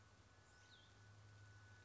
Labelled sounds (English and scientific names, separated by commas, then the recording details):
Cassin's Vireo (Vireo cassinii)
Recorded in Sonoma County, California